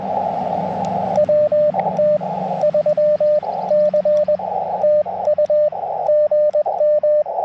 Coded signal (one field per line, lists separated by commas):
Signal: Morse code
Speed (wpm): 20 wpm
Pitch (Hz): 590 Hz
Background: radio noise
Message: WT3C TU GM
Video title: Sunrise Coffee & Morse Code - QRP CW POTA Activation 5/15/23 @ K-4451